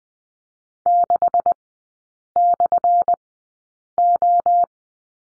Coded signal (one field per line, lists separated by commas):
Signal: Morse code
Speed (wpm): 20 wpm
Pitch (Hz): 700 Hz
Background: none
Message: 6/O